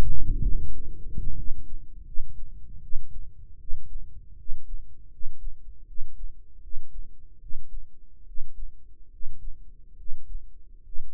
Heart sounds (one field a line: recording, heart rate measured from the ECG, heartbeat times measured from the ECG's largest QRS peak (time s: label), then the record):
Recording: heart sounds by microphone in the right ear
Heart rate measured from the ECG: 78 bpm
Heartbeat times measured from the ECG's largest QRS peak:
0.02 s: heartbeat
0.68 s: heartbeat
1.35 s: heartbeat
2.04 s: heartbeat
2.80 s: heartbeat
3.57 s: heartbeat
4.36 s: heartbeat
5.09 s: heartbeat
5.85 s: heartbeat
6.60 s: heartbeat
7.38 s: heartbeat
8.24 s: heartbeat
9.09 s: heartbeat
9.95 s: heartbeat
10.82 s: heartbeat
From the record:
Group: healthy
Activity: rest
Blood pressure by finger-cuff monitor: 120/81 mmHg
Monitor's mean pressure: 88 mmHg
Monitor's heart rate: 80 bpm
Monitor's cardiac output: 5.9 L/min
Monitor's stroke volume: 74 mL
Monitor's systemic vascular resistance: 1090 dyn s/cm5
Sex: male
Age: 21 years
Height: 170 cm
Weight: 71 kg